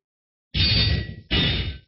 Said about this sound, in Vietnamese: Tiếng quan tài lớn bằng đồng thau lần thứ hai bị oanh tạc lại vang lên. Mọi người nói thử, nó có phải là đang muốn đánh vỡ chiếc quan tài này hay không vậy?